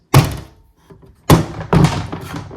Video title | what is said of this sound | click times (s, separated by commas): Separett Tiny: Container positioning and concealing screen issues | press down you'll hear them click into place | 1.3 s, 1.7 s